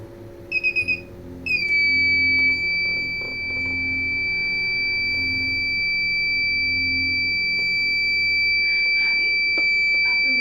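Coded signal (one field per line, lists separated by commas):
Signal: alarm pattern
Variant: Kent RO water purifier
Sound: four quick high beeps, then one continuous high-pitched beep over a low humming motor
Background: motor hum, clicks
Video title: Kent RO beep sound problem #waterpurifier chowk reset #water #automobile #electronic #aquaguard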